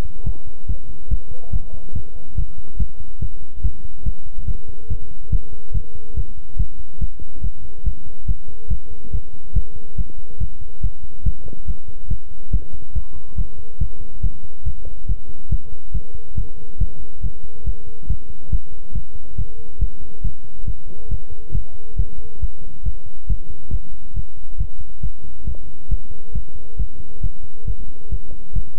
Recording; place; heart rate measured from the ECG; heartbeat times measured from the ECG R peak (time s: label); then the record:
heart sounds by stethoscope; between the tricuspid and mitral areas; 140 bpm
0.24 s: heartbeat
0.67 s: heartbeat
1.08 s: heartbeat
1.51 s: heartbeat
1.93 s: heartbeat
2.35 s: heartbeat
2.77 s: heartbeat
3.20 s: heartbeat
3.62 s: heartbeat
4.03 s: heartbeat
4.46 s: heartbeat
4.88 s: heartbeat
5.30 s: heartbeat
5.72 s: heartbeat
6.15 s: heartbeat
6.57 s: heartbeat
6.99 s: heartbeat
7.41 s: heartbeat
7.84 s: heartbeat
8.26 s: heartbeat
8.68 s: heartbeat
9.11 s: heartbeat
9.53 s: heartbeat
9.96 s: heartbeat
10.38 s: heartbeat
10.81 s: heartbeat
11.23 s: heartbeat
11.66 s: heartbeat
12.08 s: heartbeat
12.51 s: heartbeat
12.93 s: heartbeat
13.36 s: heartbeat
13.79 s: heartbeat
14.21 s: heartbeat
14.63 s: heartbeat
15.07 s: heartbeat
15.49 s: heartbeat
15.92 s: heartbeat
16.35 s: heartbeat
16.78 s: heartbeat
17.21 s: heartbeat
17.64 s: heartbeat
18.07 s: heartbeat
18.50 s: heartbeat
18.93 s: heartbeat
19.36 s: heartbeat
19.79 s: heartbeat
20.22 s: heartbeat
20.65 s: heartbeat
21.09 s: heartbeat
21.52 s: heartbeat
21.96 s: heartbeat
22.40 s: heartbeat
22.83 s: heartbeat
23.27 s: heartbeat
23.71 s: heartbeat
24.14 s: heartbeat
24.58 s: heartbeat
25.01 s: heartbeat
25.45 s: heartbeat
25.89 s: heartbeat
26.33 s: heartbeat
26.77 s: heartbeat
27.21 s: heartbeat
27.65 s: heartbeat
28.10 s: heartbeat
28.53 s: heartbeat
From the record:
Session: pedaling a stationary bicycle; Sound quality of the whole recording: good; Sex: male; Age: 24 years